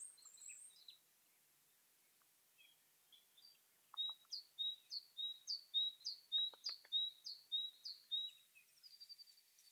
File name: Parus major